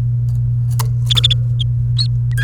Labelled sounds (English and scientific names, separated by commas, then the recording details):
Domestic Canary (Serinus canaria) song
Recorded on 28 April 2018 at 11:20
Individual llb3